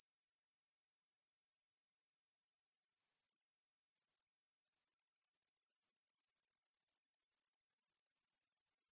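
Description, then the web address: Cicada song, a very high-pitched buzzing in rapid pulses, with two longer buzzes near the middle. New Zealand species. "cicada NZ species"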